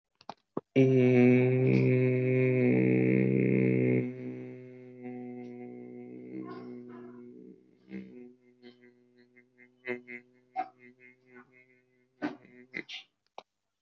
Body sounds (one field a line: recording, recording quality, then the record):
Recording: sustained vowel as in made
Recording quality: excellent, no background noise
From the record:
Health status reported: recovered from COVID-19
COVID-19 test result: positive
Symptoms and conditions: none ticked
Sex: male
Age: 22 years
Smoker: not ticked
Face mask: not worn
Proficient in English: yes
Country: India